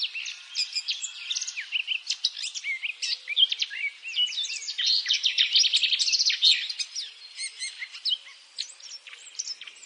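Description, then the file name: Eurasian blackcap song: a steady, rambling warble of quick high chirps and short twittering notes, swelling louder midway with scratchy bursts before fading slightly. "Sylvia atricapilla"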